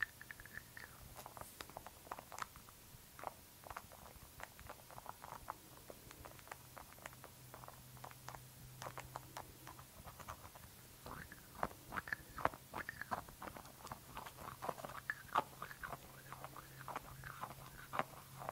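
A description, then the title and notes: Rapid clicks and light taps on a glass dropper bottle and lid pile up in uneven bursts, over a faint steady low hum. ASMR 30 Mins of Glass Dropper Bottle & Lid Sounds for Tingles - tapping, no talking.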